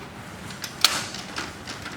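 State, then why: Seated. A metal side rail of a hospital bed is slid toward the foot of the bed and raised into its locked position on the bed frame. A softer knock at about 0.6 s leads into a sharp, loud snap at 0.9 s as the latch locks. The rail is seated and locked up.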